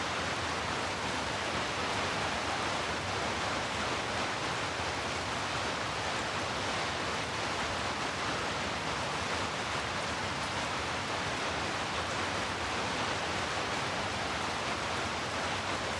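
Heavy rain falls in a dense, unbroken hiss that stays level for the whole stretch. The sound is bright, filling the upper range with fine crackle, while a soft low rumble runs steadily underneath, with no separate drops or other events standing out.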